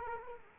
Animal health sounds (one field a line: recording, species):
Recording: mosquito wingbeat signal from an infrared sensor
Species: Culex quinquefasciatus